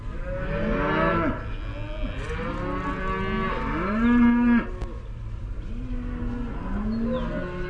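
Cows mooing, several long harmonic lows overlapping and rising then falling, one louder bellow near the middle, with a steady low rumble underneath.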